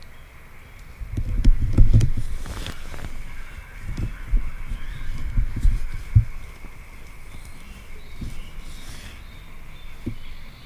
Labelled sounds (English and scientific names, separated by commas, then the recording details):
Savi's Warbler (Locustella luscinioides) song
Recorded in the wild
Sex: male
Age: adult
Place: Kützerhof, Kummerower See, Mecklenburg-Vorpommern, DE
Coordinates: 53.8683, 12.8714
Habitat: wetland
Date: 2008-05-27 22:57
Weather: cloudy, 11°C, almost no wind
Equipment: Sound Devices 702, Sennheiser MKH 70, Windkorb
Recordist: Frommolt, Karl-Heinz
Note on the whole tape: Wiedervernässungsfläche Polder Große Rosin, überschwemmte Waldwiese im Nordteil des Polders: Gesang eines Rohrschwirls. Entfernung ca. 20 m